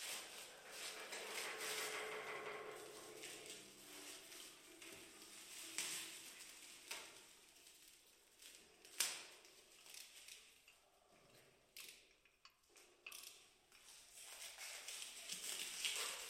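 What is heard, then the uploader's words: A sculpture being unwrapped: a dense rustle of crinkling material fills the first few seconds, then thins into scattered crackles and scrapes. Sharp taps and clacks punctuate it, the loudest around nine seconds, with brief near-silent gaps near twelve seconds before rustling resumes. Binaural recording. With a sculpture by Emmerich Weissenberger, commissioned by Martin Essl. Unwrapping of the sculpture.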